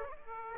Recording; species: mosquito wingbeat signal from an infrared sensor; Aedes aegypti